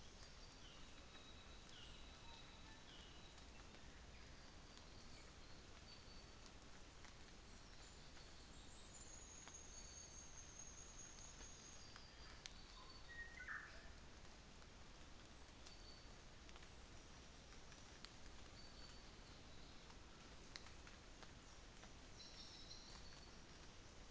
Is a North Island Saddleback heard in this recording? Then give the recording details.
yes. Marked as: faintness 4/5, faintness 2/5, faintness 5/5. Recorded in New Zealand on 24 December 2018. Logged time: 09:00